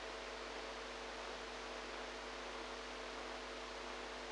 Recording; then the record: brain microelectrode recording played as sound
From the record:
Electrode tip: outside the subthalamic nucleus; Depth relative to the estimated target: 2 mm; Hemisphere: right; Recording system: NeuroSet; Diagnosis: Parkinson's disease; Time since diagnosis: 8 years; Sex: female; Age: 45 years